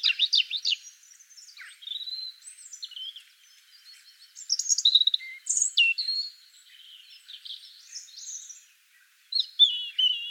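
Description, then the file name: European robin song: varied high, thin warbled phrases with sliding whistles and quick trills, broken by short pauses. "Erithacus rubecula"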